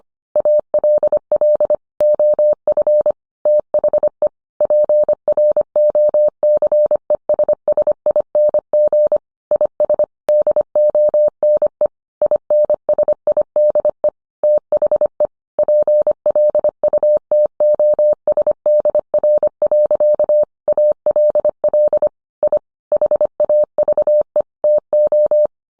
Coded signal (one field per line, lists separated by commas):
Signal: Morse code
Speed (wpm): 25 wpm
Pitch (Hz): 600 Hz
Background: none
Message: ALL OF THE PROCESSING IS DONE INSIDE THE PLUTOSDR. ALL I HAVE TO